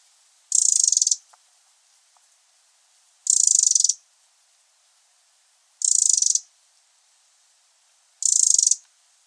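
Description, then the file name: Eurasian wren repeating a harsh, ticking rattle four times, roughly every two and a half seconds, each burst lasting about half a second. "Troglodytes troglodytes"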